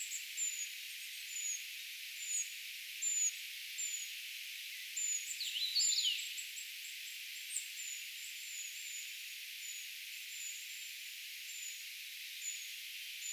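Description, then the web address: Eurasian treecreeper calls: a steady stream of very high, thin, falling notes repeated throughout, with a brief burst of lower, sweeping chirps midway. Calls of a brood of young treecreepers, recorded 4 June 2025; the recordist gives the identification as tentative. "paivat 4 6 2025 tietaakseni puukiipijapesueen aantelya"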